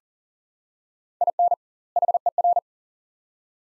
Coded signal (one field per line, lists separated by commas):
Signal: Morse code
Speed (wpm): 40 wpm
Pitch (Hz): 700 Hz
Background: none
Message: IN HER